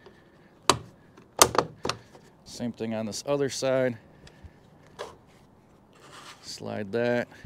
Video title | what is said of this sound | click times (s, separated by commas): OEDRO Quad-fold Truck Bed Tonneau Cover👍 | so you can lock this into place here | 0.7 s